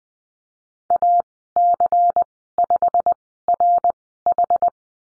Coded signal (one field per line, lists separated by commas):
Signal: Morse code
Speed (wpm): 20 wpm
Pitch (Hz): 700 Hz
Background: none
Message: AC5RH